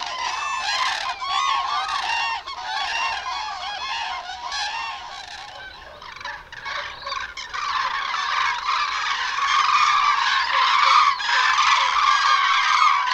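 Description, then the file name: Common crane flock: many overlapping rolling trumpets and honks, easing briefly midway before swelling louder again toward the end. "ZURAW"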